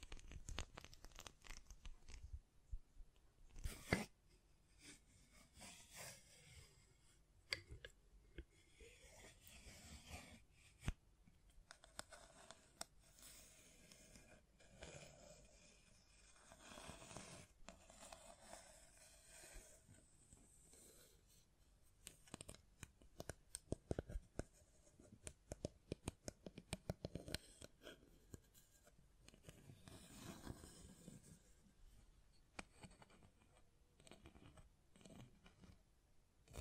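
Hands tap, scratch and brush across a microphone in a busy, irregular stream of dry clicks and rustles. Sharp taps punctuate the whole stretch, with a strong hit near four seconds, while softer sweeping strokes rise and fall between them.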